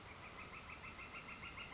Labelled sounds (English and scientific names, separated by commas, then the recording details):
Northern Flicker (Colaptes auratus)
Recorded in Sonoma County, California